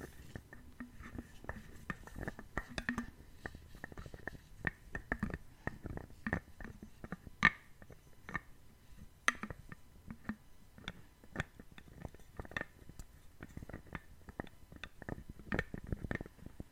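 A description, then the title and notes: A lid is handled, producing a steady run of sharp taps, knocks and clicks every half second or so, some ringing briefly bright. Louder hits stand out near 7 and 9 seconds, over a low, quiet rumble underneath. ASMR Lid Sounds.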